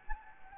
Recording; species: mosquito wingbeat signal from an infrared sensor; Anopheles gambiae